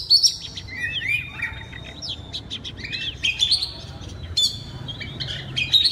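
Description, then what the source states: Oriental magpie-robin song: sustained whistles and curling slurred notes with buzzy bursts, steady and high-pitched throughout. Loud, open-voiced singing style called ngeplong keras.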